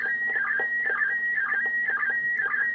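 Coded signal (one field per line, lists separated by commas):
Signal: SSTV (slow-scan television)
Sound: warbling whistle-like tone near 1.5-2 kHz, repeating roughly twice a second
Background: low hum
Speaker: wow that's a really good picture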